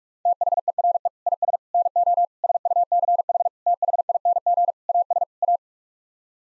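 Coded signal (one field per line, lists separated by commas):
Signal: Morse code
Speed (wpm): 41 wpm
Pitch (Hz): 700 Hz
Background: none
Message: THERE IS NO SUCH THING AS A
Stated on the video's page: Morse code word groups (common 7-word n-grams) sent at 45 wpm for head-copy practice, each set sent twice.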